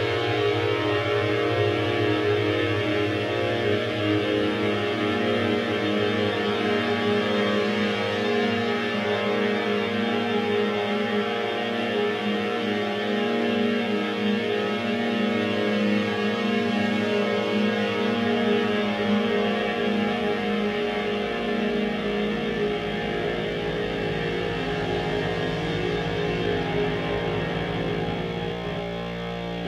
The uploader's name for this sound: drone